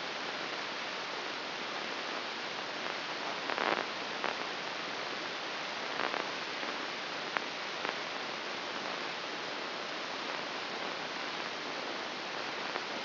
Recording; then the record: brain microelectrode recording played as sound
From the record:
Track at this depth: inside the subthalamic nucleus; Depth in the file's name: 3.343 mm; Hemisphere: right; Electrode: 2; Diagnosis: Parkinson's disease